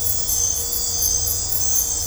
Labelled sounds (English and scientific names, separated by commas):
none